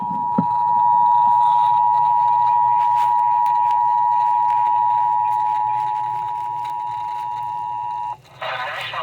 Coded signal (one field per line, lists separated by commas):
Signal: Emergency Alert System (SAME) tones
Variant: 853 and 960 Hz attention tone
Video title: Flash Flood Warning on KEC-60 (EAS #94)